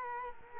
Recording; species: mosquito wingbeat signal from an infrared sensor; Culex quinquefasciatus